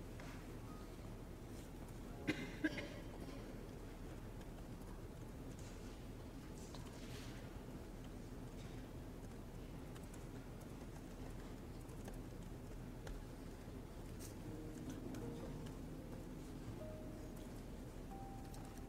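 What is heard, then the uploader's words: Ambience in the Yale library: a steady low hum and rumble runs throughout, with a faint murmur of voices beneath it. A pair of sharp knocks lands around two and a half seconds, and a few thin, brief tones appear near the end. Study with me at hogwarts (aka the yale library!).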